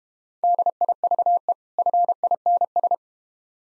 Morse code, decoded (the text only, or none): DIVE FINS